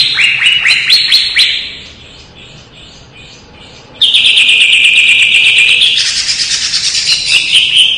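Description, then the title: Leafbird singing a quick series of rising high chirps, a short pause, then a long loud run of sharp, continuous warbled notes. Lively singing (gacor), 2017. "Suara Burung Cucak Ijo Gacor 2017"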